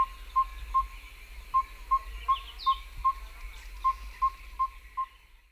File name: Yellow-rumped Tinkerbird (Pogoniulus bilineatus)